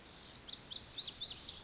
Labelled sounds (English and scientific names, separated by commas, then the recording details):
Lazuli Bunting (Passerina amoena)
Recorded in Sonoma County, California